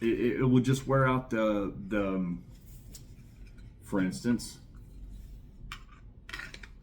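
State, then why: Not seated. A knife blade is handled at the mouth of its sheath while someone talks for the first few seconds. Short, sharp metallic ticks and light rattles follow, near 3.0 s and then in a cluster from about 5.7 s to 6.6 s. The knife has not yet snapped into the sheath, and nothing has seated or clicked home.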